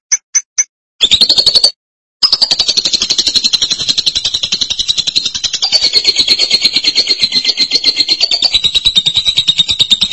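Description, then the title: Lovebird chatter, a long run of rapid buzzy pulses held high and steady, broken by a few short gaps near the start. "BM Suara Burung Lovebird"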